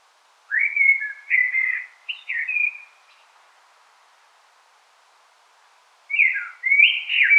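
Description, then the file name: Common blackbird song: fluty, warbled phrases at mid pitch, three short ones in quick succession, a pause of about three seconds, then another phrase starts. "Turdus merula"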